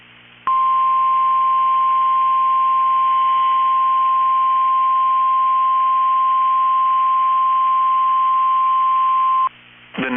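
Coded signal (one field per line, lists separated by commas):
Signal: Emergency Alert System (SAME) tones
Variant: 1050 Hz attention tone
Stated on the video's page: Required weekly test on NOAA Weather Radio station KEC65.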